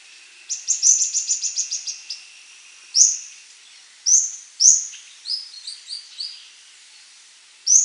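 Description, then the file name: Bird calls: a quick run of high ticking notes, then several sharp downslurred chirps and a short twittering phrase, with a constant high background hiss. "SABIOD 50 bird 2015"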